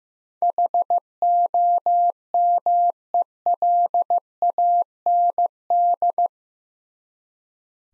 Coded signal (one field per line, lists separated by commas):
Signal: Morse code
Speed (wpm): 15 wpm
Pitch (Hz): 700 Hz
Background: none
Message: HOMELAND